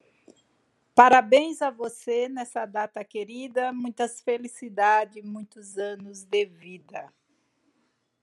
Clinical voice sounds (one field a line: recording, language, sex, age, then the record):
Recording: short text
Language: Brazilian Portuguese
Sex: female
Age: 50 to 59 years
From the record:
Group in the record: control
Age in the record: 53 years